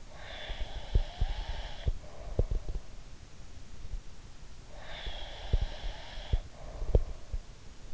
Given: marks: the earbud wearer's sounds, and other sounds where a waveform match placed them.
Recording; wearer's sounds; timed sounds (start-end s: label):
sounds in sleep by an in-ear microphone; breath
0.00-2.80 s: breath
0.43-2.80 s: sound from someone else or the room
4.71-7.22 s: breath
5.02-7.94 s: sound from someone else or the room